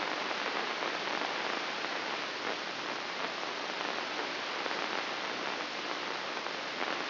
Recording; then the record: brain microelectrode recording played as sound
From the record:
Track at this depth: inside the subthalamic nucleus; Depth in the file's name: 5.861 mm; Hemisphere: left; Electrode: 3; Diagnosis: Parkinson's disease